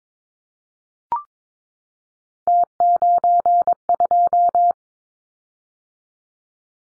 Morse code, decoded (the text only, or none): T92